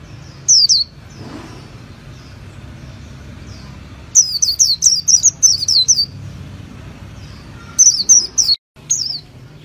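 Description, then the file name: White-eye song: short bursts of high, quick downslurred notes, one early phrase and two longer runs later, over soft low background hum. Song style called 'líu' in Vietnamese. "tieng khuyen liu"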